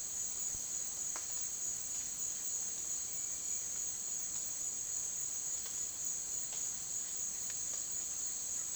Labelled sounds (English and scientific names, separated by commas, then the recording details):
none
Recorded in dense forest near Puerto Asís, Putumayo, Colombia, on 19 June 2025 at 11:30
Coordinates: 0.466, -76.327
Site GP04